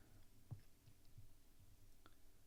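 An Insta360 GPS Preview Remote is handled while being fitted into a plastic wristwatch-style strap mount, with a soft low knock near 0.5 s and a faint tick near 2.1 s over quiet background noise. The remote has not seated or clicked into the mount yet.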